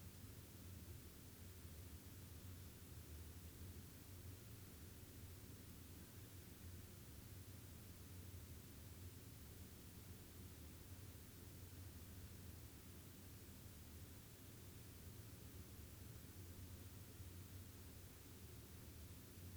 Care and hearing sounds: daily activity, guitar pickup as the sensor; stand

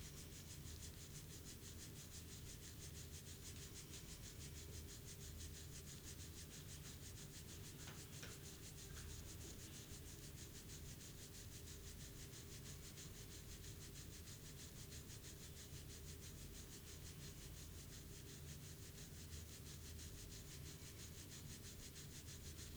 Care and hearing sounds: daily activity, guitar pickup as the sensor; brush teeth

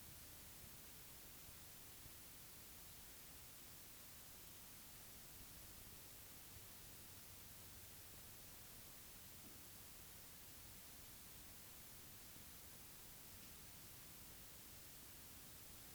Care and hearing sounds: daily activity, guitar pickup as the sensor; stand

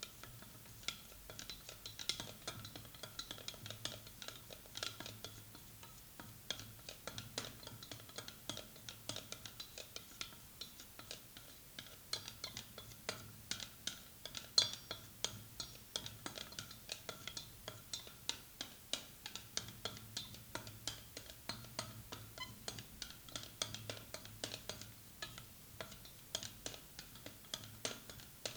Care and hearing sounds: daily activity, guitar pickup as the sensor; fry

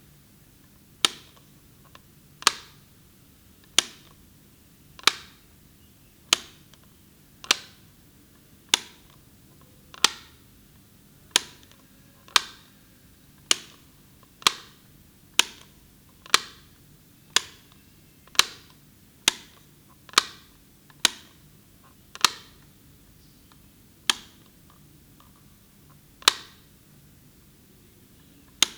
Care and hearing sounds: daily activity, guitar pickup as the sensor; operate light

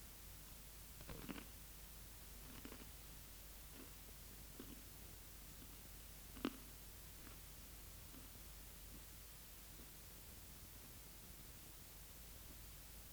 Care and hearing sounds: daily activity, guitar pickup as the sensor; eat

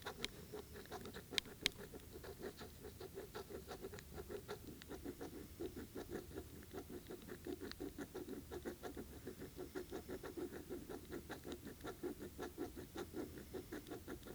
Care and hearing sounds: daily activity, guitar pickup as the sensor; write

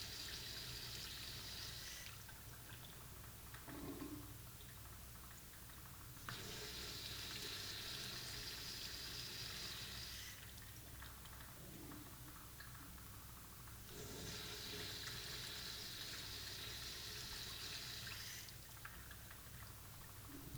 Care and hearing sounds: daily activity, guitar pickup as the sensor; flush

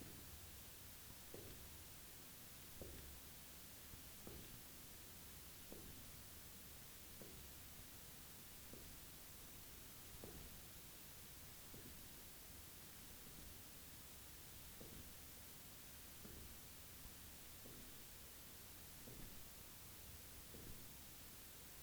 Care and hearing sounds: daily activity, guitar pickup as the sensor; jump

